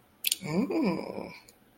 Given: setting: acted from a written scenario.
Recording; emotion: vocal sound without words; interest